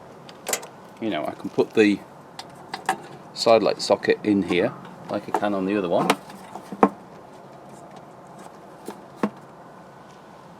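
Someone talks while fitting a side light bulb socket into a new headlight unit on a 1988 Austin Maestro, with light handling taps along the way. A sharp click at 6.8 s marks the socket locking into place normally, though the rubber boot will not pass over it.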